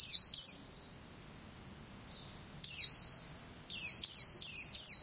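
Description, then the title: White-eye song: brief clusters of shrill, high jingling notes that slide downward, with a pause before quicker repeated bursts at the end. "Pleci"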